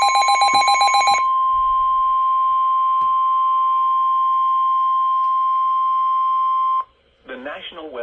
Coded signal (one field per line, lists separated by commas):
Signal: Emergency Alert System (SAME) tones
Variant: 1050 Hz attention tone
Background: speech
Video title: EAS 27 - Severe Thunderstorm Warning